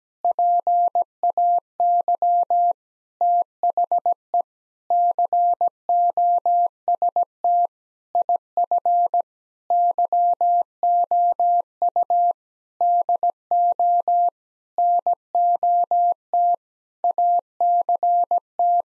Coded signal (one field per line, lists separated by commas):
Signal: Morse code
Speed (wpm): 17 wpm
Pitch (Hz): 700 Hz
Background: none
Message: PAY THE COST IF YOU DO NOT ACT